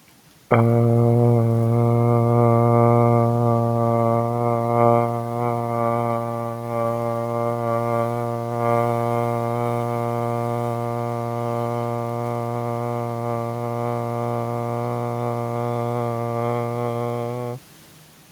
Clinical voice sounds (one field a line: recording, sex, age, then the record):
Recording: vowel held as long as possible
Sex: male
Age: 30 to 39 years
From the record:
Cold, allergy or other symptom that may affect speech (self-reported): no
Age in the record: 33 years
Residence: Pennsylvania, United States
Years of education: 14